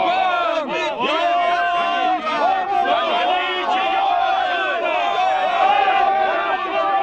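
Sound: angry crowd shouting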